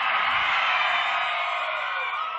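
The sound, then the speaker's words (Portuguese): A large crowd yells and cheers in one loud, sustained roar that holds steady for a couple of seconds, with no single voice standing out. “Quem tá gostando pode gritar aí, galera.”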